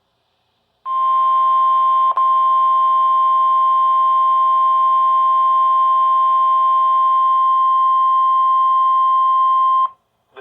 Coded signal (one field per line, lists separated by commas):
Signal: Emergency Alert System (SAME) tones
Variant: 1050 Hz attention tone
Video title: 4TH OF JULY OUTBREAK - EAS Alerts from 7/4/24 #71-73